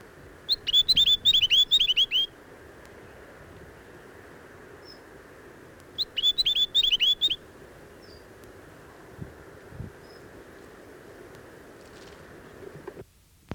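Chatham Island tomtit song: two quick phrases of high, clear, slurred whistles, several seconds apart, over steady background noise.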